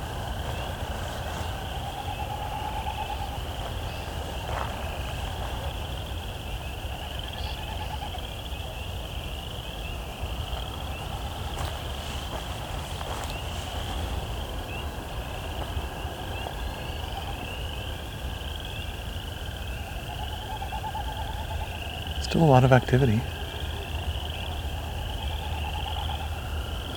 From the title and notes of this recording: Evensong. At sunset in some locations, an auditory compliment to the dawn chorus occurs.